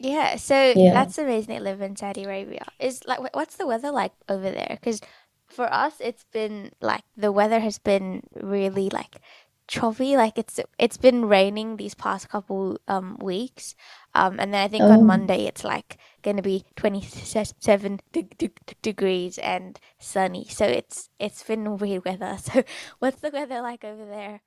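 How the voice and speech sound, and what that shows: A woman chats fluently about recent rainy, changeable weather, using casual fillers like "like" between phrases.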